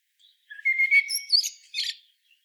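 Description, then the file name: Common blackbird song: one short phrase beginning with a low flute-like whistle and ending in high, thin squeaky twitters. "Turdus merula"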